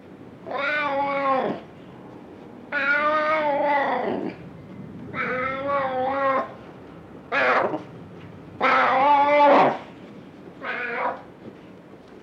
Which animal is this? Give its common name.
Ocelot